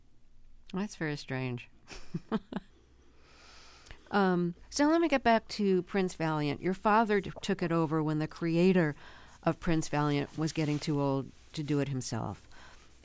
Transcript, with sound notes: That's very strange (laughter). So let me get back to "Prince Valiant." Your father took it over when the creator of "Prince Valiant" was getting too old to do it himself,